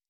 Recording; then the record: hydrophone in a shrimp aquaculture tank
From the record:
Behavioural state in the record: normal